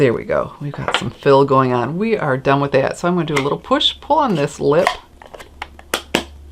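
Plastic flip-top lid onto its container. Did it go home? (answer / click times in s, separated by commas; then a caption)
yes / 5.9 s, 6.1 s. Someone talks, then pushes and pulls on the lip of a plastic flip-top lid after filling its container and snaps it closed. A few small taps lead up to two sharp clicks at 5.9 s and 6.2 s as the lid seats shut.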